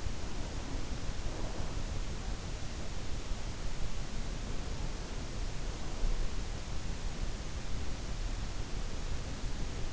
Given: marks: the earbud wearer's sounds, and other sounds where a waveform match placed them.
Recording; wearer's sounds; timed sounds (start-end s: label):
sounds in sleep by an in-ear microphone; breath
0.00-2.37 s: breath